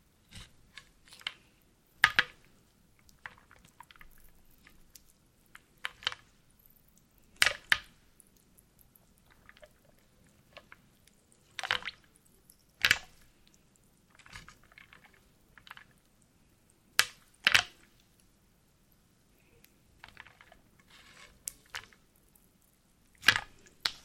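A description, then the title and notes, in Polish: A "wooden soup": sharp, bright wooden knocks land every few seconds, sometimes in quick pairs, with softer wet squishes and small clicks scattered between them. A faint low rumble runs steadily underneath throughout. Drewniana zupa IDEALNE NA SEN ASMR po polsku!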